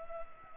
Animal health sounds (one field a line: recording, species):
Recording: mosquito wingbeat signal from an infrared sensor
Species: Culex pipiens